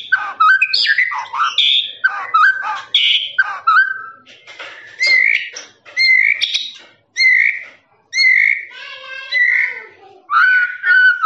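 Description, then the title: Lovebird song of sharp squeaky chirps in short bursts, broken by brief silences, with a harsher raspy trill near the end. Long trilling 'ngekek' song used for training birds. "MASTERAN LOVEBIRD NGEKEK PANJANG"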